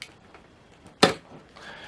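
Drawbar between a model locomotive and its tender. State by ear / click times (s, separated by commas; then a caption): seated / 1.0 s. A plastic drawbar on a Hornby County 4-6-0 model locomotive is pushed into the slot in the bottom of its tender as the two are pushed together. After faint ticks near 0.0 s and 0.3 s, a sharp, loud click comes at 1.0 s, followed by a soft rustle from about 1.6 s. The drawbar clips into place and the locomotive and tender are connected.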